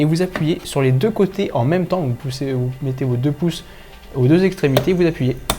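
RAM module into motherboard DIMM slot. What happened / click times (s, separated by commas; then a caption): The memory module is being pressed in but has not latched yet / none. A RAM memory module is held straight in a motherboard DIMM slot and pressed with both thumbs at each end. Someone talks throughout, with a few faint handling sounds. Nothing has seated or clicked yet; the clip ends just before the module goes home.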